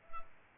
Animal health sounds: mosquito wingbeat signal from an infrared sensor; Culex pipiens

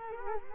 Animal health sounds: mosquito wingbeat signal from an infrared sensor; Culex quinquefasciatus

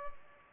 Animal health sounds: mosquito wingbeat signal from an infrared sensor; Culex pipiens

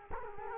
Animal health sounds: mosquito wingbeat signal from an infrared sensor; Culex quinquefasciatus

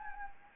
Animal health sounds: mosquito wingbeat signal from an infrared sensor; Anopheles gambiae

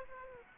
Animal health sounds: mosquito wingbeat signal from an infrared sensor; Aedes aegypti

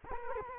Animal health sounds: mosquito wingbeat signal from an infrared sensor; Culex quinquefasciatus

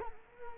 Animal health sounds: mosquito wingbeat signal from an infrared sensor; Culex quinquefasciatus

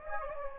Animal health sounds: mosquito wingbeat signal from an infrared sensor; Anopheles gambiae

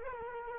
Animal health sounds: mosquito wingbeat signal from an infrared sensor; Culex quinquefasciatus

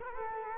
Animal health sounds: mosquito wingbeat signal from an infrared sensor; Culex quinquefasciatus

